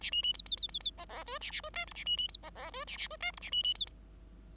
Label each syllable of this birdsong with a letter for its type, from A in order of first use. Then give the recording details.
A B B C C C C C D D E A A E F G A B B C D D E A A E F G A B B C. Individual Bird5